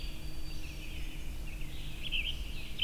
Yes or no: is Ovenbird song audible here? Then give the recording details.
no. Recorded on 23 June 2016 at 05:28. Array SBT-6-76